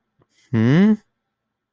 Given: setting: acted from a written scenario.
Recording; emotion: vocal sound without words; confusion